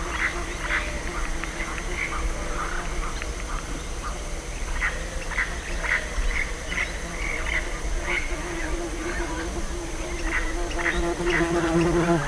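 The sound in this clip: Bird chirps: brief sharp notes scattered irregularly through the whole stretch, some in quick pairs, with a constant low mechanical drone underneath.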